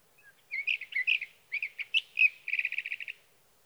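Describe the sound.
Sage thrasher song: a continuous jumble of warbled, varied phrases around mid-high pitch, ending in a rapid run of repeated clipped notes; quiet background.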